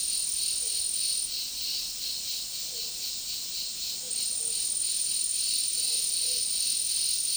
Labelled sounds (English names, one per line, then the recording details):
none
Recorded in dense forest near Puerto Asís, Putumayo, Colombia, on 21 February 2024 at 16:30
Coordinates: 0.499, -76.324
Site G6469